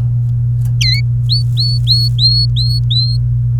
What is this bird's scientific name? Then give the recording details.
Serinus canaria. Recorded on 28 April 2018 at 08:58. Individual llb3